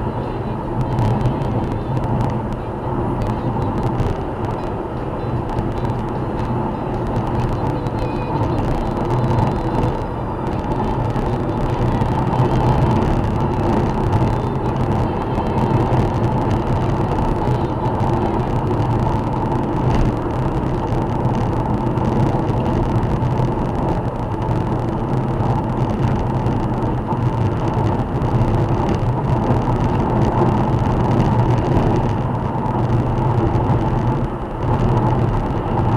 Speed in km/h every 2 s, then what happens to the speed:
105, 109, 111, 112, 112, 112, 109, 109, 108, 108, 107, 106, 108, 108, 110, 112, 113, 114.
0-6 speeds up to 112. 6-23 steady at about 109. 23-36 speeds up to 114.